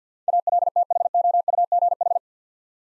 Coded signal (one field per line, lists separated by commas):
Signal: Morse code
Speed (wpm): 50 wpm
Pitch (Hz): 700 Hz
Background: none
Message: ALTHOUGH